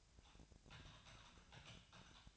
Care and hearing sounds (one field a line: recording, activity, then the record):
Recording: daily activity, microphone in the room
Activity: typing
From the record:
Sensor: 2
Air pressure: 999.1 hPa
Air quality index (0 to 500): 207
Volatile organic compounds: 35 ppm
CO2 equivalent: 3066 ppm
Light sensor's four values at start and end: 7/17/6/7 and 7/17/6/7